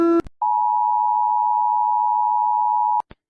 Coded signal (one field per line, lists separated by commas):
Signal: Emergency Alert System (SAME) tones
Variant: 853 and 960 Hz attention tone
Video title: Mr Increíble Perturbado (Escuchas Está Alarma de/EAS ALARM) Parte 4 /4/15